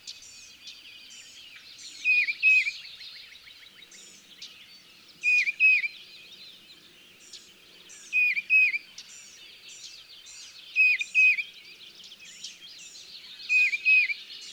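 Tufted titmouse song: short whistled two-note phrases repeated every few seconds, over a steady background of high chirps.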